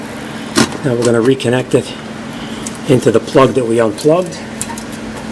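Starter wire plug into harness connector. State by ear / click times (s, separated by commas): not seated / none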